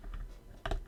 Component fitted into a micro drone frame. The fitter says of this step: snap into place just like that holy crap it actually does snap into place that is so satisfying